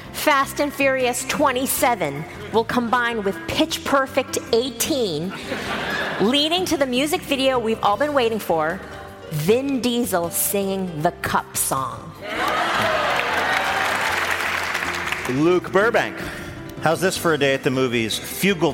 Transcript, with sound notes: "Fast And Furious 27" will combine with "Pitch Perfect 18," leading to the music video we've all been waiting for - Vin Diesel singing "The Cup Song."
(APPLAUSE)
Luke Burbank.
How's this for a day at the movies